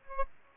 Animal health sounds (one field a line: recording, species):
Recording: mosquito wingbeat signal from an infrared sensor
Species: Aedes aegypti